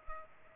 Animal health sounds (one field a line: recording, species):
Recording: mosquito wingbeat signal from an infrared sensor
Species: Culex pipiens